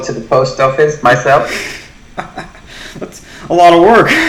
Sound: laughs